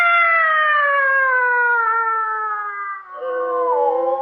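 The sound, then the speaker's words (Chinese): A long, loud, wavering yowl like fighting cats, voiced by a person: a strained, rich-toned wail that slides slowly downward, then breaks into a shakier, lower cry near the end. “干嘛猫打架呀、啊？”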